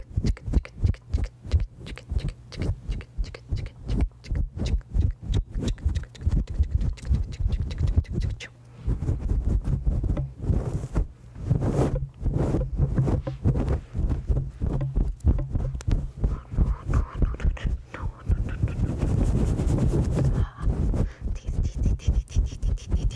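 Fingers scratch a head in quick, dense, rustling strokes with a steady low rumble, pausing briefly near nine seconds before continuing unevenly.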